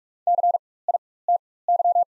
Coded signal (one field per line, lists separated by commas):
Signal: Morse code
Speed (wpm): 47 wpm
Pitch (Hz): 700 Hz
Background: none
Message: CITY